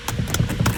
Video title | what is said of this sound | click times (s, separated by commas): How to Replace Holden Commodore VE Clock Spring to suit models between 2008-2013 | Give this a little press like that, and you should hear it click. | 0.3 s